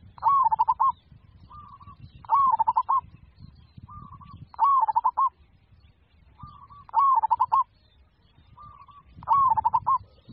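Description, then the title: Zebra dove song repeated about every two and a half seconds: a rising note followed by a rapid series of coos, with quieter short notes between phrases. "Suara Burung Perkutut"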